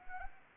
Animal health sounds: mosquito wingbeat signal from an infrared sensor; Anopheles arabiensis

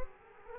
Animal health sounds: mosquito wingbeat signal from an infrared sensor; Culex quinquefasciatus

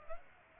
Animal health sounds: mosquito wingbeat signal from an infrared sensor; Aedes aegypti

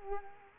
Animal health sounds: mosquito wingbeat signal from an infrared sensor; Culex quinquefasciatus

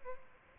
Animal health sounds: mosquito wingbeat signal from an infrared sensor; Aedes albopictus

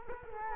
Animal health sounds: mosquito wingbeat signal from an infrared sensor; Culex quinquefasciatus

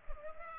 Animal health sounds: mosquito wingbeat signal from an infrared sensor; Culex pipiens

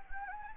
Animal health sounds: mosquito wingbeat signal from an infrared sensor; Anopheles gambiae

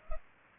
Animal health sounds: mosquito wingbeat signal from an infrared sensor; Culex pipiens

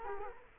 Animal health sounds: mosquito wingbeat signal from an infrared sensor; Culex quinquefasciatus

